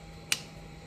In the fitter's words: there. They all click into place. That's into place.